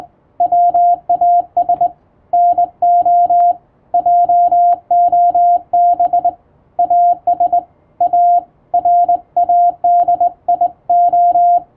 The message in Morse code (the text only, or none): WAS NO JOB AS A RADIO